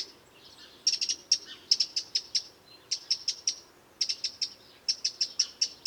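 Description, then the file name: Eurasian wren calling with clusters of hard, high ticks, bursts of four to six notes separated by short gaps. "Troglodytes troglodytes"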